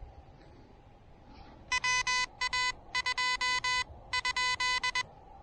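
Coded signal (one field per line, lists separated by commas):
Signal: Morse code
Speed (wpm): 20 wpm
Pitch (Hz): 2000 Hz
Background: none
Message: WA2 ?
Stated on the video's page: Pedestrian mobile POTA park activation with the Elecraft KH1, QRP.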